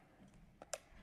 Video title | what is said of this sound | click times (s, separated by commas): Getting Started With Your FX Dreamline | you'll hear it click and engage at that point you're good to let it go forward | 0.7 s